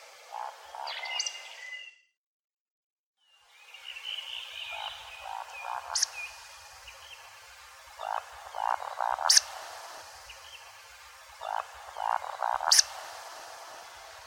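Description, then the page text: Eurasian woodcock roding call: low, soft croaking grunts in short bursts, each followed by a sharp, high squeaky 'tsiwick'; a thin whistling bird call early on. "Вальдшнеп"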